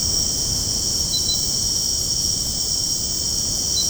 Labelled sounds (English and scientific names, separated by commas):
none